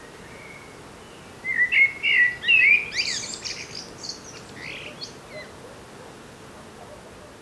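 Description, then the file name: Common blackbird song: a low, fluty warbled phrase followed by a high, squeaky twittering ending, then quiet with faint background hiss. "Turdus merula"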